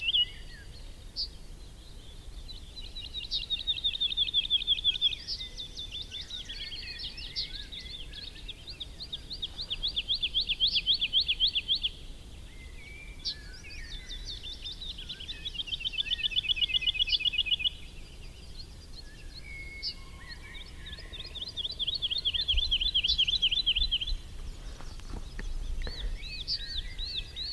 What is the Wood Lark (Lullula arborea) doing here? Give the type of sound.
song